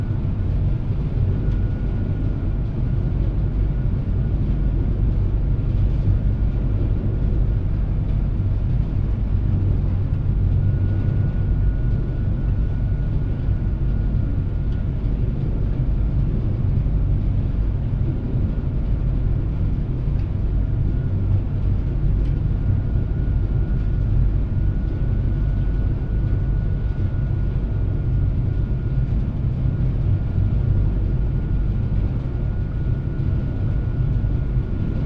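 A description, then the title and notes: A ferry's inbound landing heard from the front passenger deck: a steady, heavy low engine rumble with a faint high whine throughout. Seattle Inbound Front Passenger Deck Landing And Disembark Stereo. A days' worth of round-trips on the Seattle-Bainbridge Island Ferry.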